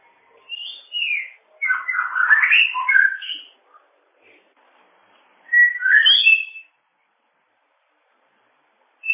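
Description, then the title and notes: Bird singing a varied phrase of whistled, warbling notes that jump in pitch, a pause, then a shorter burst of chattering whistles. "Kicau Burung Lengkap"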